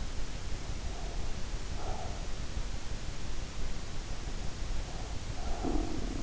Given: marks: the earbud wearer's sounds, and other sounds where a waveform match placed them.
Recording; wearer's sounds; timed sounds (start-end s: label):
sounds in sleep by an in-ear microphone; breath
0.61-2.37 s: breath
4.70-6.23 s: breath
5.35-6.23 s: sound from someone else or the room